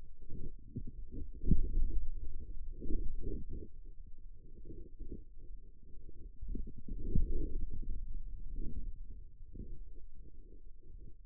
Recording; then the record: forearm muscle sounds (acoustic myography)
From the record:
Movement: finger pinch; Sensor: system 2, bracelet of six BSWA MPA416 microphones around the upper forearm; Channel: 6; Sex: male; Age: 22 years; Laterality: right